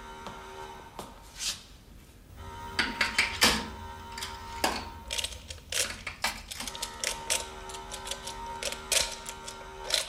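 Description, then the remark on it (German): The lock mechanism of an inner door being worked open to check for a fault: a run of sharp metallic clicks and ratcheting clacks, irregular in rhythm, over a low steady hum, with no voices. “Dann kann nur an der inneren Tür etwas nicht stimmen. Irgendein Fehler? Machen wir auf und sehen wir nach.”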